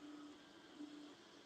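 A 3D-printed plastic bayonet fitting, printed on a $340 Ender 5, is twisted by hand into its mating printed socket, giving a soft, low plastic rubbing over a steady background hum with a faint tone. A brief sharp tick comes right at the end, at 1.5 s. The part is only being handled and nothing has seated or clicked into place yet.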